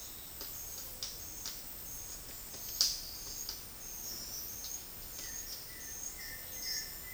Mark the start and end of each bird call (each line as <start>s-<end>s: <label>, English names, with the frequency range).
5.19s-7.13s: White-shouldered Antbird (1.1-2.6 kHz)